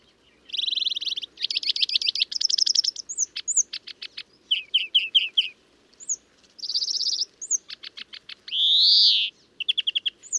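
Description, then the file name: European greenfinch delivering a run of rattling trills and sharp twitters, finishing with a drawn-out wheeze and a short trill. "Chloris chloris"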